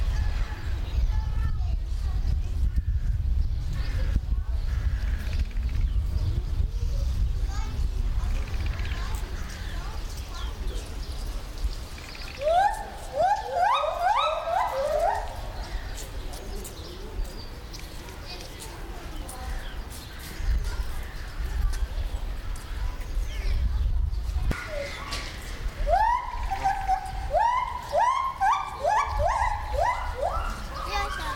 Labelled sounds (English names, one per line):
Pileated Gibbon